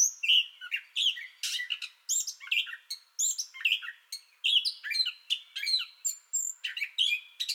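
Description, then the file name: Gray catbird song with hurried, jumbled phrases: scratchy chatter, thin whistles and squeaks strung together at a steady pace throughout. Song bout already in progress, recorded 30 May 2021. "2021-05-30 Gray Catbird Song Bout Already Going"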